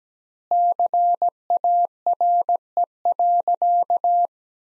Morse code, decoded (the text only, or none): CARE.